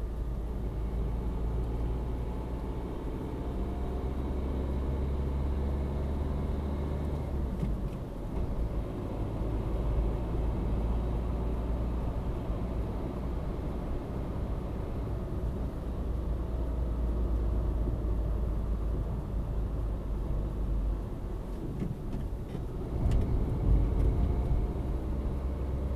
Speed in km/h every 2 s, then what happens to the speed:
43, 49, 53, 57, 58, 59, 64, 65, 66, 56, 50, 47, 50.
0-14 speeds up to 65. 16-21 brakes to 47.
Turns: none.